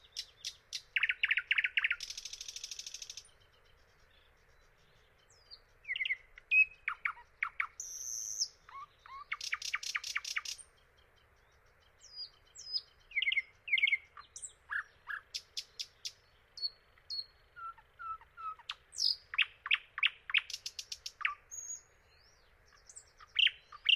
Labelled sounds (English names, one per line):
Thrush Nightingale song